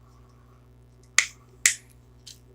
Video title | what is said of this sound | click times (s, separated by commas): Transformers Siege Megatron | This one here takes a little bit more effort to snap it back into place, but it's all good. | 1.2 s, 1.7 s